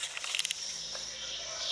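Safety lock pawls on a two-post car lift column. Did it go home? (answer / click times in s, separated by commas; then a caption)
yes / 0.3 s, 0.4 s, 0.5 s. The safety lock pawls on a two-post car lift column ratchet into place as the lift is raised, with sharp metallic clicks at 0.4, 0.4, 0.5 and 0.5 seconds over a steady background hum. The left and right safety locks seat into the locked position.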